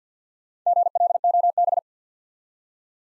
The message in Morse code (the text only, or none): GLOB